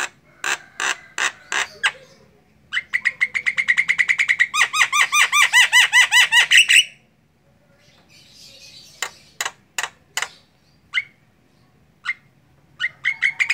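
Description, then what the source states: Javan myna song of sharp clicks, then a rapid string of repeated chattering notes, followed by scattered clicks and short notes. Javan myna singing, described with the local term ngoceh.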